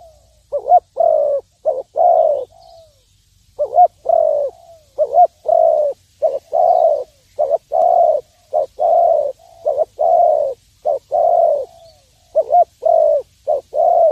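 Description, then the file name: Spotted dove calling in a long series of low coos, short and long notes alternating, with one brief pause. "tieng cu dat gay"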